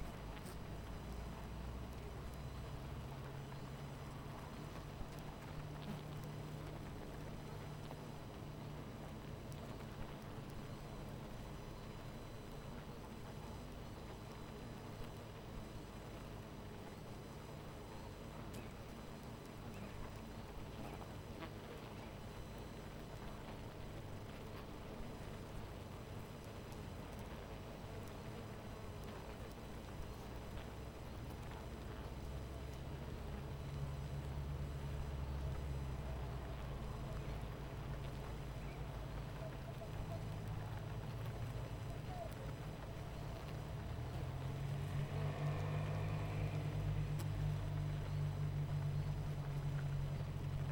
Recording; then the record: honeybee colony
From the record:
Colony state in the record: missing queen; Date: 14 July 2017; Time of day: 18:43